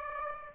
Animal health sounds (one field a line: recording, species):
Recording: mosquito wingbeat signal from an infrared sensor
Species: Aedes aegypti